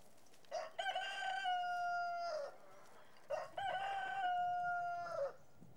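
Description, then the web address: Rooster giving two crows, each a broken, stuttering start followed by a long sustained tone. "петух"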